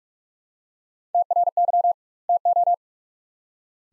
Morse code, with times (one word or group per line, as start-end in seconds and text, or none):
1.1-1.9 TRY
2.3-2.7 TO